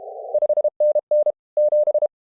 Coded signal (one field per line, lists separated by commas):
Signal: Morse code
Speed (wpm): 36 wpm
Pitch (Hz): 600 Hz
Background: none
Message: 5NN 7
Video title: IARU HF World Championship + WRTC 2026 | Chasing MB Callsigns LIVE with AFØF